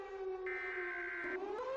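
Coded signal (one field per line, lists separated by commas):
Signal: Emergency Alert System (SAME) tones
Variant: header bursts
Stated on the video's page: Mock EAS alert, not a real broadcast.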